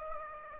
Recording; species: mosquito wingbeat signal from an infrared sensor; Aedes aegypti